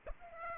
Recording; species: mosquito wingbeat signal from an infrared sensor; Aedes aegypti